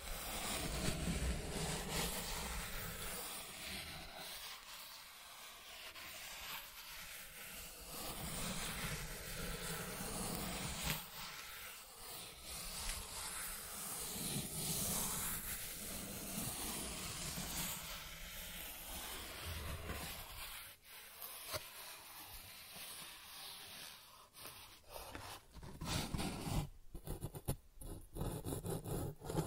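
Cardboard being scratched and traced, a dense, steady rubbing and scraping that swells and eases in rough strokes every few seconds. After about twenty seconds the sound turns choppier, with sharp bursts and brief pauses near the end, suggesting tearing.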